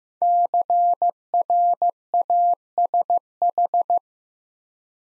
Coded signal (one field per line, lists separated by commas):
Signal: Morse code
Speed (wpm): 15 wpm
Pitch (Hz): 700 Hz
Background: none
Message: CRASH